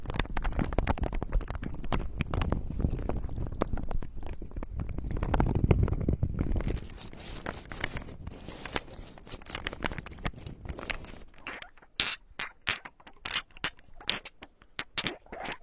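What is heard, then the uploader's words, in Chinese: Dense scraping and rustling of wood, salt and foam, heavy and low for six seconds, thinning into sparse sharp clicks and scratches near the end. 木板、木块、水晶球、海盐、泡沫。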